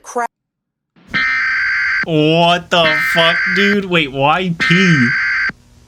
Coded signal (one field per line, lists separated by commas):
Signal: Emergency Alert System (SAME) tones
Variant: header bursts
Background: speech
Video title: Exploring Terrifying EAS Scenarios.